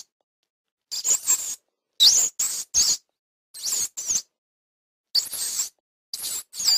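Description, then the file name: Rat squeaks: short, high, looping squeals in scattered bursts of about half a second, with long silent gaps between them. "patkány"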